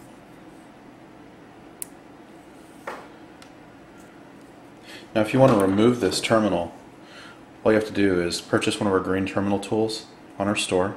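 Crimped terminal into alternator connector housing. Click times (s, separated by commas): 1.8 s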